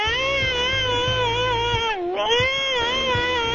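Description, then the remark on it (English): A New Guinea singing dog whines in one long, loud, unbroken cry, its high, reedy tone wavering, dipping briefly midway and then rising again. No one speaks over it. “An animal that's notorious for whining. The New Guinea singing dog.”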